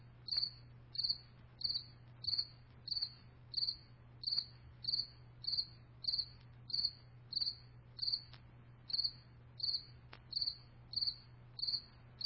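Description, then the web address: Cricket chirping: short, high, pulsed chirps repeated steadily about every two-thirds of a second, over a constant low hum. "sammymaudlin cricket"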